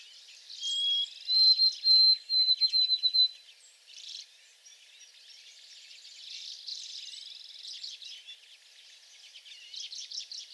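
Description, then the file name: White-throated sparrow song, a short whistle then a string of rapid repeated higher pure notes, followed by busy chirping from other birds. Recorded 28 April 2022 in shrubs at the back. "2022-04-28 White-throated Sparrow in back shrubs"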